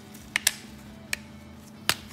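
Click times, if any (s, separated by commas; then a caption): 0.4 s, 0.5 s, 1.1 s, 1.9 s. The adjustable stock on the buffer tube of a Colt LT6720R rifle is slid back and locked into one of its detent positions. Four sharp metallic clicks are heard at 0.4, 0.5, 1.1 and 1.9 seconds over a low steady hum. The stock locks into position.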